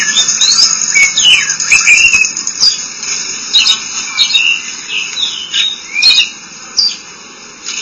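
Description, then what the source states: Oriental magpie-robin song, with rising and falling whistled slurs and short sharp notes delivered in loose phrases over constant high tonal hum. Song (kicauan).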